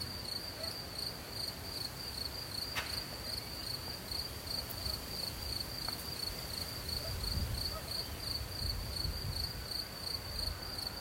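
Cricket chirping: a steady high pulsed trill repeating several times a second without pause, over soft wind and low rumble, with a faint click or two.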